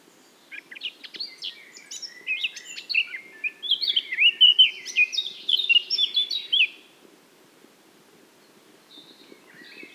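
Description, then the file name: Eurasian blackcap singing a long, hurried, mixed warble of whistled and scratchy notes, fading to a faint twittering afterward. "Sylvia atricapilla"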